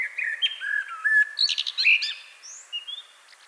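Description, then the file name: Common blackbird song: a rich flowing warble of fluted notes with high squeaky embellishments, fading into a few thin high whistles. "Turdus merula"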